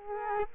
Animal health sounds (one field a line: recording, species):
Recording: mosquito wingbeat signal from an infrared sensor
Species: Culex quinquefasciatus